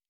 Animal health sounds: hydrophone in a shrimp aquaculture tank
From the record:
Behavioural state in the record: normal

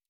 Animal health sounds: hydrophone in a shrimp aquaculture tank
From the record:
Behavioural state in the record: normal

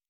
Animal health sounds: hydrophone in a shrimp aquaculture tank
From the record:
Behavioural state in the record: normal

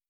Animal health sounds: hydrophone in a shrimp aquaculture tank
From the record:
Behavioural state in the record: stressed

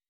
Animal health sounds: hydrophone in a shrimp aquaculture tank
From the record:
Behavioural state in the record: weakened

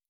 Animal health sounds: hydrophone in a shrimp aquaculture tank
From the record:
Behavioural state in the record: stressed

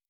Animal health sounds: hydrophone in a shrimp aquaculture tank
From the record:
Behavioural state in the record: normal

